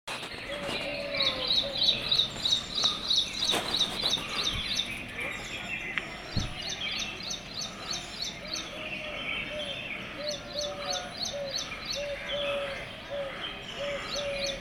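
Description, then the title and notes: Birds chirping in a busy chorus: rapid repeated high notes in runs, lower repeated calls and steady background twittering throughout. Birds chirping in the Sector-B Garden, Indira Nagar, Lucknow; 25 February 2018. "Chirping of Birds at the Sector-B Garden of Indira Nagar, Lucknow"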